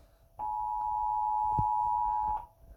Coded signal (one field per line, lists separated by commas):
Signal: Emergency Alert System (SAME) tones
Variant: 853 and 960 Hz attention tone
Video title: Eas Thunderstorm Warning